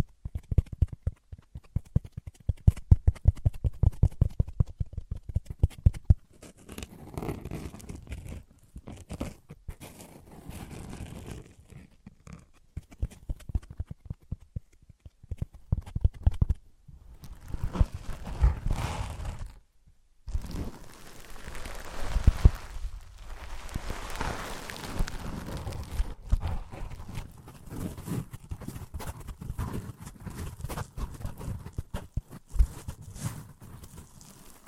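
Objects of wood, cork, sponge, foam, glass and plastic are tapped, knocked and rubbed against each other in a run of short comparisons. Quick clusters of sharp clicks and clops alternate with softer, hissing rubbing passages and brief pauses, especially around the middle.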